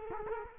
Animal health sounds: mosquito wingbeat signal from an infrared sensor; Culex quinquefasciatus

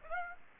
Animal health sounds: mosquito wingbeat signal from an infrared sensor; Aedes aegypti

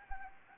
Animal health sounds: mosquito wingbeat signal from an infrared sensor; Anopheles gambiae

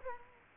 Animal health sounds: mosquito wingbeat signal from an infrared sensor; Culex quinquefasciatus

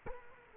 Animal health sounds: mosquito wingbeat signal from an infrared sensor; Culex quinquefasciatus

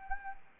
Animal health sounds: mosquito wingbeat signal from an infrared sensor; Anopheles arabiensis

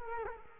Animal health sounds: mosquito wingbeat signal from an infrared sensor; Culex quinquefasciatus

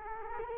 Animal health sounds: mosquito wingbeat signal from an infrared sensor; Culex quinquefasciatus

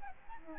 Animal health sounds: mosquito wingbeat signal from an infrared sensor; Aedes albopictus

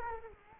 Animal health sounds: mosquito wingbeat signal from an infrared sensor; Culex quinquefasciatus

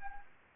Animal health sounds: mosquito wingbeat signal from an infrared sensor; Anopheles arabiensis

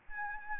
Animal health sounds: mosquito wingbeat signal from an infrared sensor; Aedes albopictus

